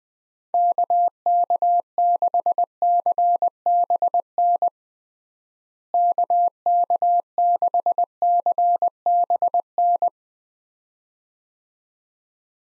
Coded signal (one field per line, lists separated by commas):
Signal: Morse code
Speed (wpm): 20 wpm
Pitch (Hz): 700 Hz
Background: none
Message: KK6CBN KK6CBN